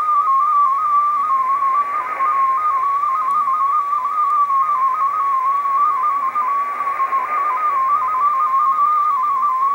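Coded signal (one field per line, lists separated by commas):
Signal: multi-tone FSK (Olivia or MFSK type)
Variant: MFSK16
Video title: Full W1AW MFSK16 digital bulletin decode on 80 meters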